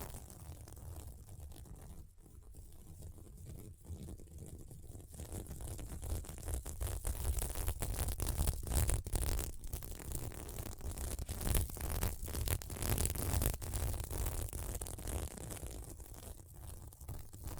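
Scratching on a sequin mermaid pillow, a dense rustling scrape with quick flicking bursts, quieter at first, then steady and busier after five seconds.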